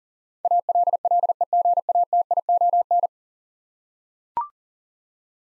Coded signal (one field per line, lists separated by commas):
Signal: Morse code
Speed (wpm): 40 wpm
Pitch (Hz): 700 Hz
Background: none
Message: ALLEGATION